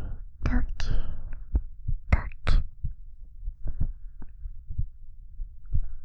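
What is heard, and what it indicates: Soft, regular low thumps of an adult woman's heartbeat, slightly quick, as if pounding, heard close up with faint whispering and breath noise over them.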